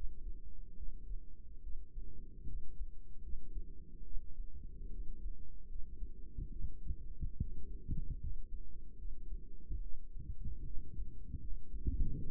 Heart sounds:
heart sounds by microphone in the right ear; 74 bpm
0.75 s: heartbeat
1.61 s: heartbeat
2.45 s: heartbeat
3.21 s: heartbeat
4.03 s: heartbeat
4.89 s: heartbeat
5.67 s: heartbeat
6.50 s: heartbeat
7.39 s: heartbeat
8.19 s: heartbeat
8.97 s: heartbeat
9.81 s: heartbeat
10.65 s: heartbeat
11.39 s: heartbeat
12.17 s: heartbeat
From the record:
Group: healthy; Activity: rest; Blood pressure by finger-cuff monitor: 151/86 mmHg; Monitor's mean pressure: 105 mmHg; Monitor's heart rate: 72 bpm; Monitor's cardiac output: 6.4 L/min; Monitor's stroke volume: 89 mL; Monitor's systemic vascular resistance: 1220 dyn s/cm5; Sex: female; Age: 22 years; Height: 154 cm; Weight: 58.7 kg

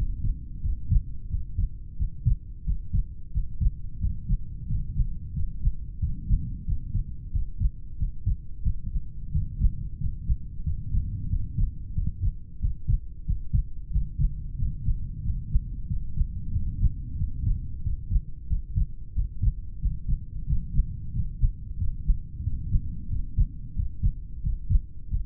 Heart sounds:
heart sounds by stethoscope; 91 bpm
0.60 s: heartbeat
1.28 s: heartbeat
1.96 s: heartbeat
2.63 s: heartbeat
3.31 s: heartbeat
3.98 s: heartbeat
4.65 s: heartbeat
5.31 s: heartbeat
5.98 s: heartbeat
6.64 s: heartbeat
7.30 s: heartbeat
7.96 s: heartbeat
8.62 s: heartbeat
9.30 s: heartbeat
9.96 s: heartbeat
10.62 s: heartbeat
11.28 s: heartbeat
11.92 s: heartbeat
12.58 s: heartbeat
13.24 s: heartbeat
13.90 s: heartbeat
14.55 s: heartbeat
15.20 s: heartbeat
15.85 s: heartbeat
16.51 s: heartbeat
17.16 s: heartbeat
17.81 s: heartbeat
18.47 s: heartbeat
19.13 s: heartbeat
19.79 s: heartbeat
20.44 s: heartbeat
21.10 s: heartbeat
21.75 s: heartbeat
22.41 s: heartbeat
23.07 s: heartbeat
23.74 s: heartbeat
24.40 s: heartbeat
25.08 s: heartbeat
From the record:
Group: heart failure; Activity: rest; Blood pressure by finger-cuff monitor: 76/53 mmHg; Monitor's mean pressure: 59 mmHg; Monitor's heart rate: 91 bpm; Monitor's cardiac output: 7.1 L/min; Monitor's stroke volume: 78 mL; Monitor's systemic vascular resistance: 580 dyn s/cm5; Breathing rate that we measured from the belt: 10 breaths a minute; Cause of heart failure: idiopathic cardiomyopathy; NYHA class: 2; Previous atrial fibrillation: present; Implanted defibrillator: present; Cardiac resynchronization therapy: present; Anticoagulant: warfarin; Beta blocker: metoprolol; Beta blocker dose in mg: 50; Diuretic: furosemide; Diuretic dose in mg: 40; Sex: male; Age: 62 years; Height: 184 cm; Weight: 101 kg

